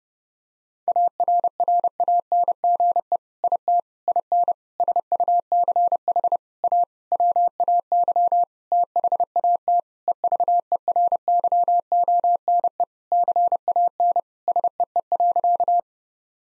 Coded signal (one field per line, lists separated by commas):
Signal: Morse code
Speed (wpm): 32 wpm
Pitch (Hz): 700 Hz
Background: none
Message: ARRANGE IT IN SUCH A WAY THAT EVERYONE CAN SEE.